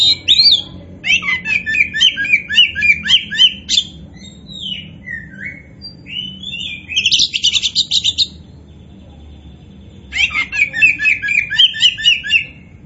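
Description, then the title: Oriental magpie-robin delivering rapid repeated chirping notes and trilled phrases, mixing clear whistles with a rattling buzzy section, then resuming after a brief silence. Described as gacor, meaning singing vigorously and nonstop. "Kacer Poci"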